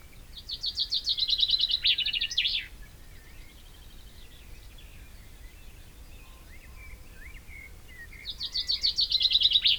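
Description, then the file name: Common chaffinch song, a descending run of quick notes with a final flourish, then a pause with faint bird calls, and a second song that is cut off at the end. "Fringilla coelebs"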